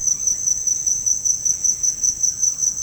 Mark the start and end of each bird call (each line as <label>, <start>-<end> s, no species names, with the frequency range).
bird call (0.7-3.8 kHz), 0.00-2.83 s